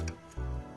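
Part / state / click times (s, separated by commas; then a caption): 4-pin power connector into motherboard header / seated / 0.1 s. A 4-pin plastic CPU power connector, its pins lined up with the holes, is pushed onto the motherboard header until its clip snaps over the ledge, giving a sharp snap at 0.1 s. A low steady hum follows from about 0.4 s. The connector is seated and locked in place.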